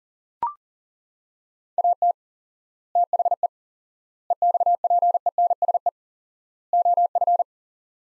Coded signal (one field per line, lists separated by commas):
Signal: Morse code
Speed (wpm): 37 wpm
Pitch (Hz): 700 Hz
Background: none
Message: AT THE EXPENSE OF